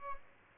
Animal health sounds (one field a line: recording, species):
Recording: mosquito wingbeat signal from an infrared sensor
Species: Aedes albopictus